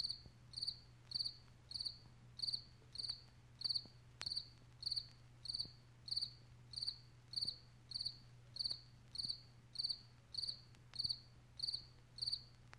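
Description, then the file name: Cricket chirping in steady, high, trilled pulses, short chirps repeating evenly throughout, with a faint low hum and occasional soft clicks underneath. One cricket, chirping softly. "Single Cricket chirping softly"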